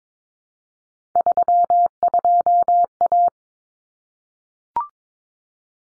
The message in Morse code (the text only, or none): 32A